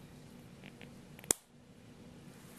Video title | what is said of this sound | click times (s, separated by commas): Mark Haul & Shoutout to Markgirljess | yeah hopefully you can hear that so now you've got it snapped on and you can just | 1.3 s